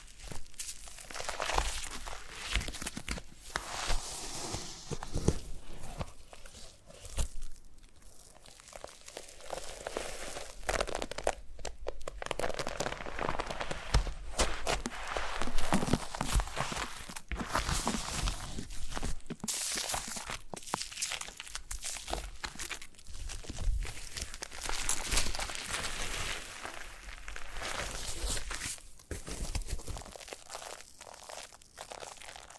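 Foam being massaged, a steady stream of crackly, squishy rubbing with fine crinkling and crunching textures. The friction runs almost without pause for over half a minute, broken by brief quiet gaps around 7, 12, 16 and 19 seconds before resuming at similar strength.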